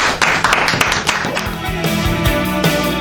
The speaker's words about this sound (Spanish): Gracias, por todo lo que nos contaron. Muchas gracias. Un aplauso fuerte para la sala de tres.